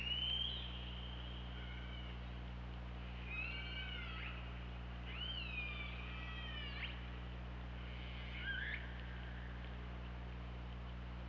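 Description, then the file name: Killer whale calls, a falling call at the start followed by three more upturned, harmonic calls spaced a couple of seconds apart. Continuous low-pitched hum underneath. Recorded on the OrcaLab hydrophone, 24 August 2017, at 23:30:47. "Orca Lab UTLN JASON 20170824 233047 ORCALABDYNI"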